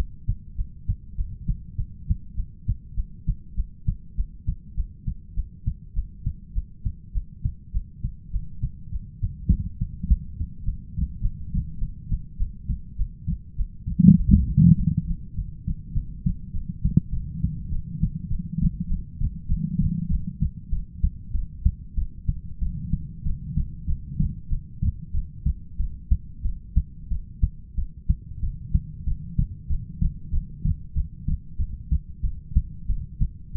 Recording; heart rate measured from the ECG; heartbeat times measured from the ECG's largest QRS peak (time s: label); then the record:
heart sounds by stethoscope; 98 bpm
0.55 s: heartbeat
1.15 s: heartbeat
1.75 s: heartbeat
2.34 s: heartbeat
2.94 s: heartbeat
3.54 s: heartbeat
4.15 s: heartbeat
4.74 s: heartbeat
5.34 s: heartbeat
5.93 s: heartbeat
6.53 s: heartbeat
7.12 s: heartbeat
7.71 s: heartbeat
8.30 s: heartbeat
8.89 s: heartbeat
9.48 s: heartbeat
10.06 s: heartbeat
10.63 s: heartbeat
11.20 s: heartbeat
11.78 s: heartbeat
12.37 s: heartbeat
12.96 s: heartbeat
13.56 s: heartbeat
14.16 s: heartbeat
14.75 s: heartbeat
15.34 s: heartbeat
15.93 s: heartbeat
16.51 s: heartbeat
17.11 s: heartbeat
17.69 s: heartbeat
18.28 s: heartbeat
18.88 s: heartbeat
19.47 s: heartbeat
20.09 s: heartbeat
20.70 s: heartbeat
21.33 s: heartbeat
21.96 s: heartbeat
22.60 s: heartbeat
23.24 s: heartbeat
23.87 s: heartbeat
24.49 s: heartbeat
25.13 s: heartbeat
25.78 s: heartbeat
26.43 s: heartbeat
27.10 s: heartbeat
27.76 s: heartbeat
28.41 s: heartbeat
29.05 s: heartbeat
29.68 s: heartbeat
30.32 s: heartbeat
30.94 s: heartbeat
31.58 s: heartbeat
32.23 s: heartbeat
32.88 s: heartbeat
33.54 s: heartbeat
From the record:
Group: heart failure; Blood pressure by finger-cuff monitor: 64/45 mmHg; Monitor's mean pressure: 55 mmHg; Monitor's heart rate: 99 bpm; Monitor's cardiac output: 7.4 L/min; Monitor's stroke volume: 74 mL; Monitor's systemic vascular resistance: 490 dyn s/cm5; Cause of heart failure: ischemic heart disease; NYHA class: 1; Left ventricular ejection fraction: 38%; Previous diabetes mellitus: present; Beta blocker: bisoprolol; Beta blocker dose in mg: 15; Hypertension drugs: sacubitril-valsartan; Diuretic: furosemide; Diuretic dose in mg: 20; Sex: male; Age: 33 years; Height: 172 cm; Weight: 78.5 kg